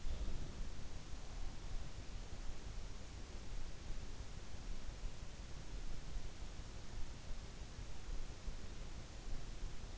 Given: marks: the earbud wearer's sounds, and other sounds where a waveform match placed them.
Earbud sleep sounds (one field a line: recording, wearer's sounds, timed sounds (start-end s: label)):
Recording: sounds in sleep by an in-ear microphone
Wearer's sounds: breath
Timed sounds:
0.00-1.98 s: breath